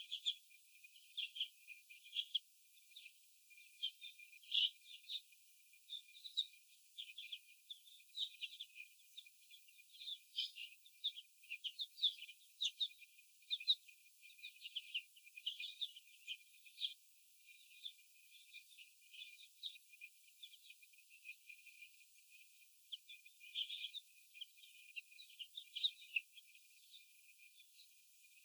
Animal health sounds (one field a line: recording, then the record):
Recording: young laying hens in a cage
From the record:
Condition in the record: before the stressor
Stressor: sudden umbrella opening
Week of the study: 2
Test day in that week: 1